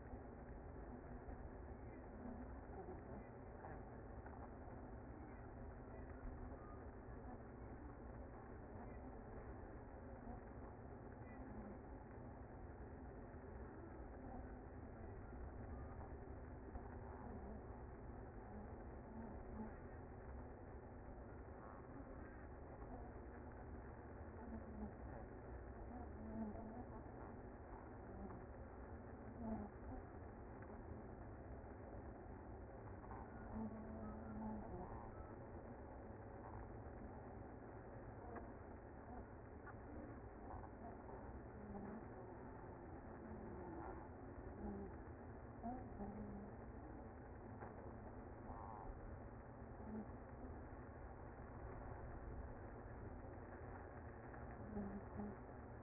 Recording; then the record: honeybee colony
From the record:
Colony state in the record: active